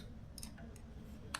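A steel retaining ring on a Barnett Sportster motorcycle clutch is tapped down toward its groove in the clutch hub. Short, sharp metallic ticks sound at about 0.4 s, 0.8 s and, loudest, 1.4 s over a low steady background. The ring has not seated yet.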